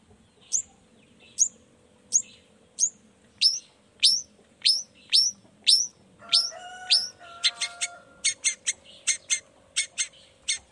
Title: Cendet Gacor Dor Di Kala Pagi Toet Toet Variasi Suara. Cendet Gacor Di Pagi Hari Rangsangan Emosi Cendet Malas Bunyi Supaya Secepatnya Ikutan Bunyi